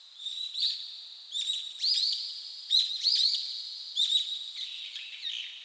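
Chirping birds, irregular bursts of sharp high notes and short twittering phrases over a constant shrill background.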